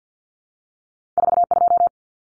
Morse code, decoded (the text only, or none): 42